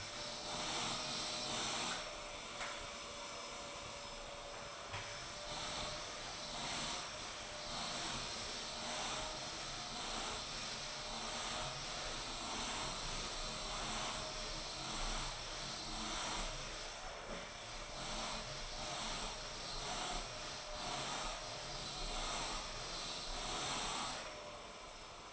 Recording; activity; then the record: daily activity, microphone in the room; vacuum cleaning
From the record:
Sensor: 5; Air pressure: 1002.1 hPa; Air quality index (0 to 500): 211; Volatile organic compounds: 21 ppm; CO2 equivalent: 2737 ppm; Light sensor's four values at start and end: 10/23/9/10 and 10/23/9/10